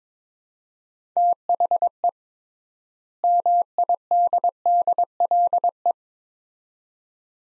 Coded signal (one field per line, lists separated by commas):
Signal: Morse code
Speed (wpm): 22 wpm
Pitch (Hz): 700 Hz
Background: none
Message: THE MIDDLE